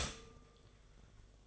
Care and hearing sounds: daily activity, microphone in the room; stop toaster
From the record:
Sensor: 4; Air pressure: 1005.0 hPa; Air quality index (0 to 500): 189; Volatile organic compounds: 6 ppm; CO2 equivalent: 1855 ppm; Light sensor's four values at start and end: 16/55/21/19 and 16/55/21/19

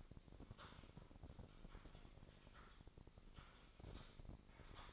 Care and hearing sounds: daily activity, microphone in the room; typing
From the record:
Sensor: 5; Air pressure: 1007.7 hPa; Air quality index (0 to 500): 95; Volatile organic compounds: 1 ppm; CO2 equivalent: 748 ppm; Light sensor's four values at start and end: 36/86/35/36 and 36/85/35/35

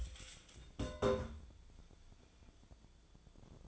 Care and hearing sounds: daily activity, microphone in the room; take from stove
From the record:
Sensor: 5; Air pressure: 1010.0 hPa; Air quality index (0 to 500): 152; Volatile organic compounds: 3 ppm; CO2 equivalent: 1478 ppm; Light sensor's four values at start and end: 251/607/259/287 and 254/615/262/291

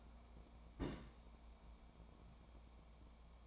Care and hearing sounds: daily activity, microphone in the room; place on stove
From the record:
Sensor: 1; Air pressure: 1000.0 hPa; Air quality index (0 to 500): 133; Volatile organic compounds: 2 ppm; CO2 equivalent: 1257 ppm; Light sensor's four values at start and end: 37/94/39/49 and 37/94/39/48

